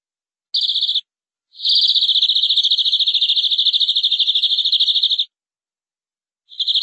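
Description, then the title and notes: Canary song: a short rapid trill, then a long steady rolling trill lasting over three seconds, and another trill starting at the end. "BM Suara Kenari. BM Suara Burung Kenari"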